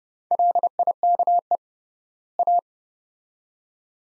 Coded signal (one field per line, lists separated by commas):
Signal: Morse code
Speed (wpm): 30 wpm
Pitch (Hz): 700 Hz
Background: none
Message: LIKE A